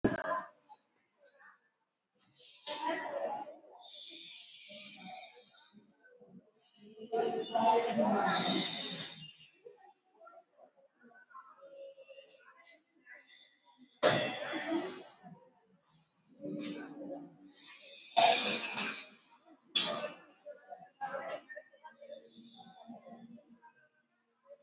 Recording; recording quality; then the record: deep breathing; moderate, slight background noise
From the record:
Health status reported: COVID-19 positive, no symptoms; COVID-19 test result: positive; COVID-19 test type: RT-PCR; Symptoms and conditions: cold, sore throat, fatigue, loss of smell and taste, diarrhoea, another condition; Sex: female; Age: 37 years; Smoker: no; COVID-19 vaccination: one dose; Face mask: worn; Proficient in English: yes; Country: India